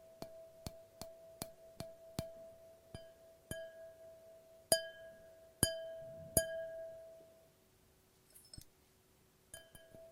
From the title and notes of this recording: ASMR No Talking Glass Tapping and Ringing Sounds.